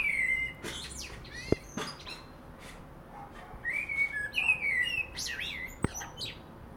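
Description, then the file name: Common blackbird song with several rich fluting phrases and high scratchy flourishes, plus a couple of sharp clicks between them. "Turdus merula"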